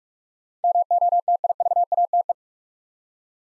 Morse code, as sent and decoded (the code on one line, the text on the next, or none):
-- --- - .. ...- .- - .
MOTIVATE